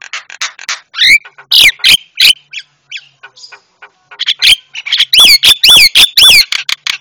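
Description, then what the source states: Javan myna song mixing chattering notes and strong looping whistles, ending in a rhythmic series of repeated rising-falling whistles. Used to train cage birds; myna described as white-eyed (mata putih).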